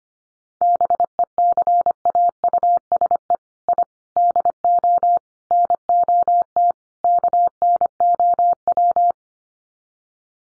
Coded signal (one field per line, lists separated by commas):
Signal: Morse code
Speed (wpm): 25 wpm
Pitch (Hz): 700 Hz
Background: none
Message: BECAUSE I DO NOT KNOW